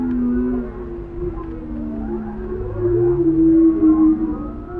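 Whale song: long low moaning tones that bend and slide, with a rising sweep near the end and a steady sustained note.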